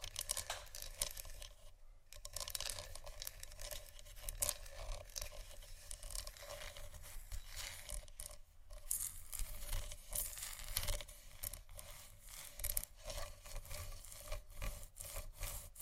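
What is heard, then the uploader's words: Continuous ASMR scratching with rough, dense rasping strokes, bright and hissy, briefly pausing near two and eight seconds before resuming. ASMR Scratching Only For Sleep & Relaxation (No Talking).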